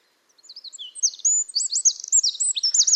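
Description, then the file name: Eurasian wren song starting with scattered thin notes that quickly build into a loud, fast series of sharp, high warbling chips, cut off mid-phrase. "Troglodytes troglodytes"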